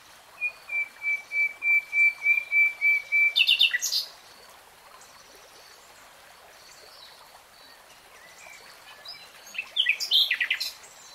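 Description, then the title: Nightingale song: a run of several pure whistled notes growing louder, a sharp flourish, silence, then a brief rapid phrase. Real-time recording of a nightingale singing. "[Tiếng chim hót] 3 Hours REALTIME Nightingale Singing"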